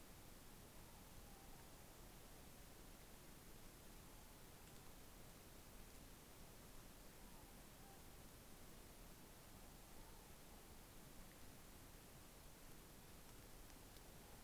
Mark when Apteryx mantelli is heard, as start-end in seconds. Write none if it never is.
none